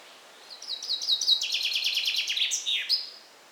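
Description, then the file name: Common chaffinch singing one rattling phrase: quick trilled notes, a lower stepped section, and a short swooping finish, heard clearly over faint background hiss. "Fringilla coelebs"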